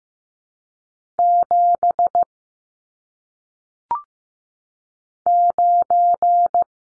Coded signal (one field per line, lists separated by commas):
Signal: Morse code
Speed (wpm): 15 wpm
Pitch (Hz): 700 Hz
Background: none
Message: 7 9